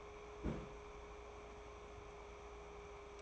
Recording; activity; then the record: daily activity, microphone in the room; place on stove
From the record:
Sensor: 1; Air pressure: 1010.3 hPa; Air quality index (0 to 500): 170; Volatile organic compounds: 12 ppm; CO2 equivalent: 2348 ppm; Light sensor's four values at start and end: 56/144/59/75 and 53/138/57/72